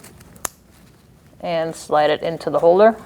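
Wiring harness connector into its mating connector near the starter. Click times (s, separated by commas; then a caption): 0.5 s. A plastic wiring harness connector on the starter wiring of a 2008–2014 Mercedes-Benz C300 3.0L V6 is pushed home into its mating connector near the starter. It gives a single sharp click at 0.5 s and is seated, after which someone talks.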